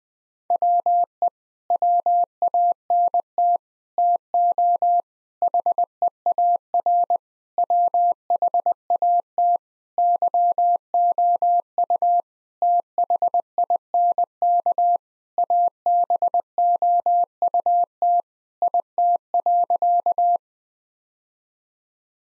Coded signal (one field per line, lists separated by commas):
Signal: Morse code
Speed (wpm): 21 wpm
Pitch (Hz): 700 Hz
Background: none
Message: WE WANT TO HEAR WHAT YOU THINK ABOUT IT.